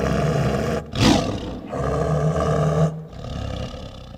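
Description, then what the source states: Tiger growling low and throaty, with a sharp rasping burst near the one-second mark and more rumbling afterwards. Chuffs mixed with various growls.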